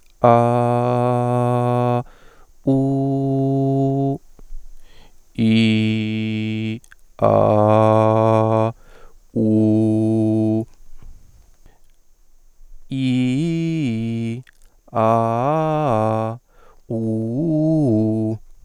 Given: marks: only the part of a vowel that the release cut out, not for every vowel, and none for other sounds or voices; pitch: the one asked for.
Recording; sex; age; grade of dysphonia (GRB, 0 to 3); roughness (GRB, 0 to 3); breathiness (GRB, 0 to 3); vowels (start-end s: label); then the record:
sustained vowels; male; 20 to 29 years; 0; 0; 0
0.43-1.90 s: vowel /a/, high pitch
2.87-3.98 s: vowel /u/, high pitch
5.68-6.64 s: vowel /i/, low pitch
7.53-8.62 s: vowel /a/, low pitch
9.50-10.52 s: vowel /u/, low pitch
13.08-14.24 s: vowel /i/, low-high-low pitch
15.04-16.20 s: vowel /a/, low-high-low pitch
17.04-18.26 s: vowel /u/, low-high-low pitch
From the record:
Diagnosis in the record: healthy voice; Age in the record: 28 years